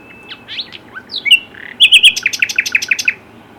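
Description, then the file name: Common nightingale singing varied whistled and slurred notes that build into a fast rattling series of sharp repeated notes, with low background hum. "Luscinia megarhynchos"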